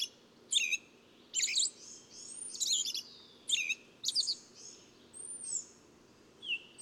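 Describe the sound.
Bird song: short, high chirped bursts with a few thin, slurred whistles in between, irregularly spaced, with low background hum.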